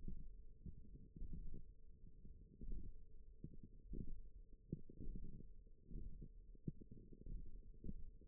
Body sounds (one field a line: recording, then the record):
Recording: forearm muscle sounds (acoustic myography)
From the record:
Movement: radial deviation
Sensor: system 1, eight BSWA MPA416 microphones around the upper forearm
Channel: 4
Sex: female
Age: 20 years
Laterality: right